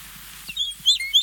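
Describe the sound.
Lark bunting song fragment, a few high slurred whistled notes ending in two louder sweeping whistles.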